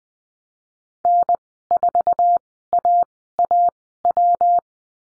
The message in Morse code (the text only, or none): N4AAW